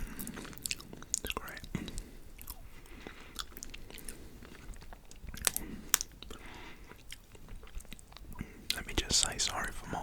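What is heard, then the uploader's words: Someone eats raw honeycomb, with wet, sticky chewing and frequent sharp clicks and smacks scattered through the ten seconds. Louder crackling bursts come near six and nine seconds, and a soft murmur of voice sits low underneath. ASMR EATING RAW HONEYCOMB.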